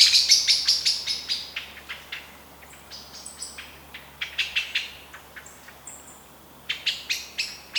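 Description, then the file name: Eurasian blackbird giving rapid chink calls that fade into softer, sparser clicks before a final short burst. "Turdus merula"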